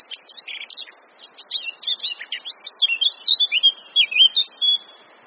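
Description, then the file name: Eurasian blackcap song: sharp chattering notes leading into a flowing series of clear, looping whistles. "Sylvia atricapilla"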